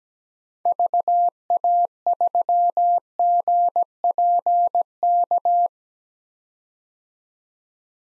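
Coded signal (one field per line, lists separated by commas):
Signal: Morse code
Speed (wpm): 17 wpm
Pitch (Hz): 700 Hz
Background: none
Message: VA3GPK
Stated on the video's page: Computer-generated Morse at 17 wpm: common park-activator call signs, each sent twice, for head-copy practice.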